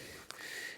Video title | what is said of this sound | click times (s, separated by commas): The EASIEST Way To Grow Vegetables! | and we twist and push and you can hear it pop and it's installed | 0.3 s